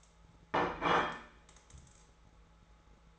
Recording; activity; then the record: daily activity, microphone in the room; place plate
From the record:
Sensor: 3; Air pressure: 1015.1 hPa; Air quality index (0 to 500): 208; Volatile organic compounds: 33 ppm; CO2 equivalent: 3031 ppm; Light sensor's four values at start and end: 34/85/36/39 and 34/84/36/39